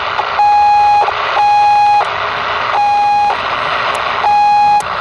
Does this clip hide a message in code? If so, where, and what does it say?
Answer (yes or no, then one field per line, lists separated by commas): no